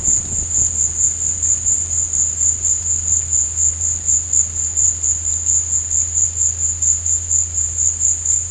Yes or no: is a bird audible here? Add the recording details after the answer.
no. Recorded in dense forest near Puerto Asís, Putumayo, Colombia, on 20 December 2024 at 15:00. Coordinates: 0.481, -76.323. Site G100